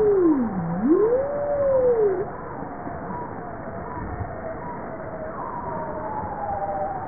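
Bowhead whale call, a low moaning tone that dips then rises and falls over two seconds, followed by fainter wavering tones amid underwater noise.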